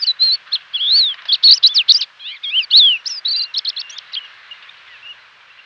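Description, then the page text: Crested lark giving a rapid run of clear whistled notes, some rising and some falling, that tails off into quieter twittering toward the end. "Crested Lark Calls. Quick Sounds"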